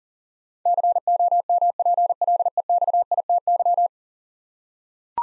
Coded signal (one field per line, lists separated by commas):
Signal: Morse code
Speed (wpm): 40 wpm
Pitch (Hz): 700 Hz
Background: none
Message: COMPLEXITY